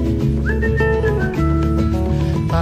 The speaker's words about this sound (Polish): Tarinterineira, tarinterineira, nudzę gwiżdżę sobie.